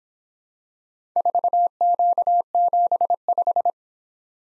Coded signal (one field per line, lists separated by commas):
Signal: Morse code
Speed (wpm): 25 wpm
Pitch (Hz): 700 Hz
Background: none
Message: 4Q75